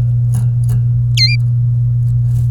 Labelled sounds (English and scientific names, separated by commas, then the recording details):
Domestic Canary (Serinus canaria) song
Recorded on 24 April 2018 at 07:49
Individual llb3